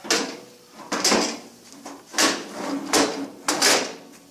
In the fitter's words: it just snaps into place.